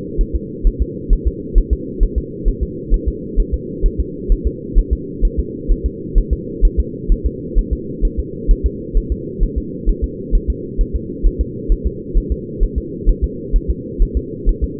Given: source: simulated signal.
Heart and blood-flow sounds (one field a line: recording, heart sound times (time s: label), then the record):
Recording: fetal heart sounds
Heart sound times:
0.21 s: S1
0.35 s: S2
0.67 s: S1
0.82 s: S2
1.13 s: S1
1.27 s: S2
1.58 s: S1
1.73 s: S2
2.03 s: S1
2.18 s: S2
2.48 s: S1
2.63 s: S2
2.94 s: S1
3.08 s: S2
3.40 s: S1
3.54 s: S2
3.86 s: S1
4.00 s: S2
4.32 s: S1
4.47 s: S2
4.78 s: S1
4.93 s: S2
5.25 s: S1
5.40 s: S2
5.72 s: S1
5.86 s: S2
6.18 s: S1
6.33 s: S2
6.65 s: S1
6.80 s: S2
7.12 s: S1
7.26 s: S2
7.58 s: S1
7.73 s: S2
8.05 s: S1
8.19 s: S2
8.51 s: S1
8.66 s: S2
8.97 s: S1
9.12 s: S2
9.43 s: S1
9.58 s: S2
9.89 s: S1
10.04 s: S2
10.35 s: S1
10.50 s: S2
10.81 s: S1
10.95 s: S2
11.26 s: S1
11.41 s: S2
11.72 s: S1
11.87 s: S2
12.18 s: S1
12.32 s: S2
12.63 s: S1
12.78 s: S2
13.09 s: S1
13.24 s: S2
13.56 s: S1
13.70 s: S2
14.02 s: S1
14.17 s: S2
14.49 s: S1
14.64 s: S2
From the record:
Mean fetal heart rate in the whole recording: 130 bpm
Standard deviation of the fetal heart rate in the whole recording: 2 bpm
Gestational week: 38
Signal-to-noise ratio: -4.1 dB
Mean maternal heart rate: no maternal heart sound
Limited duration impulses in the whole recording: absent